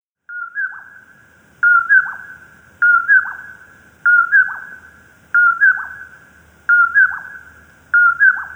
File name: Common Poorwill